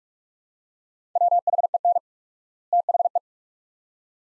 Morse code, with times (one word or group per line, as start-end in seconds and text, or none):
1.2-2.0 WHEN
2.7-3.2 THE